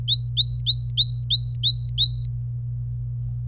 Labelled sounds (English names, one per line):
Domestic Canary song